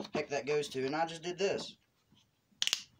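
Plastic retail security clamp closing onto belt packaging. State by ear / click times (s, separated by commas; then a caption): seated / 2.6 s, 2.7 s. Someone talks, then a plastic anti-theft retail security clamp on the box of a lawn mower belt is pressed back together by hand. Sharp snaps are heard at 2.6, 2.7 and 2.7 seconds as its two tabs snap in one after the other. The clamp is closed and seated on the belt packaging.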